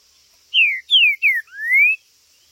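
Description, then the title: Green-winged saltator phrase of four clear whistles, three sliding downward and a final longer one rising. Chirping, singing and territorial calling (macheando) in a contest. "TRINCA Piando, Cantando E Macheando Na DISPUTA"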